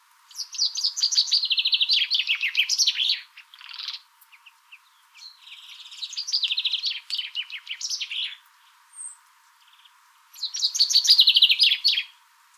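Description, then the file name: Common chaffinch singing three rattling phrases of quick high notes that drop in pitch, with gaps and a few scattered chips between. "Fringilla coelebs"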